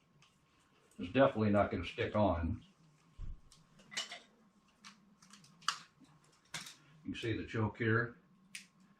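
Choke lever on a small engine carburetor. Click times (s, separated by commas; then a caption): 8.6 s. Someone talks while moving the choke lever on a motorized bicycle's small-engine carburetor into its detent. A single sharp snap is heard at 8.6 s as the lever clicks into place, with a few other short ticks earlier in the clip.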